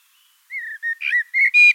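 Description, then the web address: Common blackbird song: a short phrase of several clear whistled notes with a harsher note in the middle. Blackbird song in Wiesloch, Germany. "Wiesloch. Amsel Gesang"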